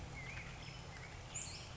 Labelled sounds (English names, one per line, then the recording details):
Black-headed Grosbeak
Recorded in Sonoma County, California